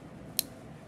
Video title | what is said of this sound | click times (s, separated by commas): Stereochemistry [w/ Model Kits] - Arrangement of Atoms in 3D Space | so there's a click that you got and then it's stuck in place | 0.4 s